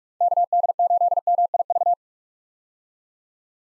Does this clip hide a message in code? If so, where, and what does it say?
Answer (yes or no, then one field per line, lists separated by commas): yes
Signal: Morse code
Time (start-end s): 0.2-1.9 s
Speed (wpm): 46 wpm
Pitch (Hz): 700 Hz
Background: none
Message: KD8MIV